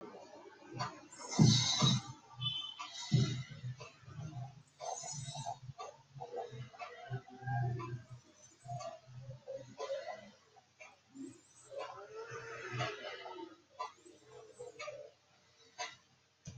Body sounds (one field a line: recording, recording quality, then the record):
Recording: shallow breathing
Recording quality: moderate, slight background noise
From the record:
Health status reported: healthy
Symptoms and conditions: none ticked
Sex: male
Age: 35 years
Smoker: not ticked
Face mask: not worn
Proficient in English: yes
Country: India